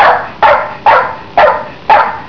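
Dog barking, five loud sharp barks spaced about half a second apart, each fading quickly, with no other clear sounds.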